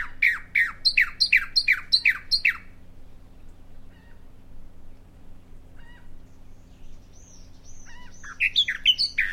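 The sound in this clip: Bahama mockingbird song: a fast run of many sharp, downslurred notes, then a pause with faint notes, ending in thin high whistles and a brief burst; steady low hum behind.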